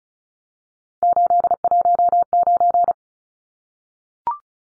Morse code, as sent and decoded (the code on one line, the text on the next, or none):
---.. .---- ----.
819